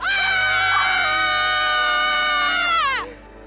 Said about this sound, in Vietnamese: Bỗng cả hai cùng hét toáng lên vang dội.